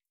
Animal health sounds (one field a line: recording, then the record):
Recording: hydrophone in a shrimp aquaculture tank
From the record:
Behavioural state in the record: starved